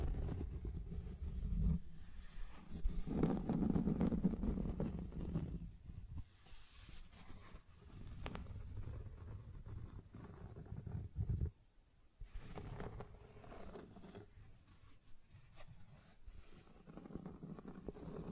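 Scratching and tracing sounds rub in uneven low strokes, louder around three to five seconds, briefly dropping out near twelve seconds before resuming.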